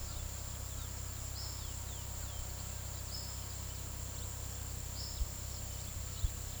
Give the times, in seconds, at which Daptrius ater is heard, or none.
none